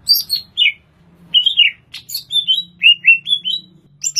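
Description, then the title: Greater green leafbird delivering varied whistled notes, some slurred down, some rising, mixed with buzzy chips, steady low hum in the background. Recorded in Banyuwangi. "cucak_ijo_banyuwangi"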